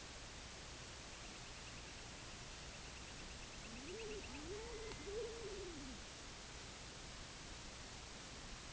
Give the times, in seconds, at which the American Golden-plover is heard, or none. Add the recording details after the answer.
0.92-5.15. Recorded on Arctic tundra, site IGLO-A, on 24 June 2018. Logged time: 23:59